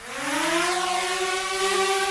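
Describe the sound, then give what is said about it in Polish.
A drone's propeller and motor whir steadily, a buzzing hum with a bright airy hiss on top. Its pitch climbs at the start, then holds level as the motor reaches speed. “Ten dźwięk jest znany wszystkim operatorom drona. Tak pracuje śmigło i silnik.”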